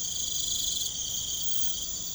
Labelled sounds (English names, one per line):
none